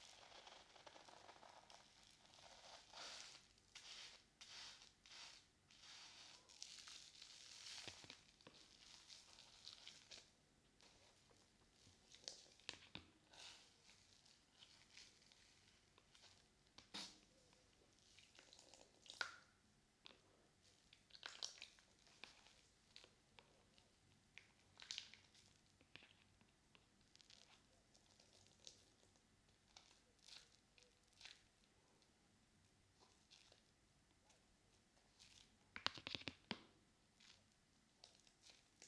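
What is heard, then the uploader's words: A soapy sponge squelches and scrubs with water, in short bursts of wet, crackly rubbing. The first ten seconds are busiest, with dense bright swishes; afterward the strokes come in sparser, irregular clusters, a louder squeeze near 36 seconds, over a quiet hiss. ASMR Binaural Sounds Water Soap Sponge.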